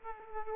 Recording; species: mosquito wingbeat signal from an infrared sensor; Aedes aegypti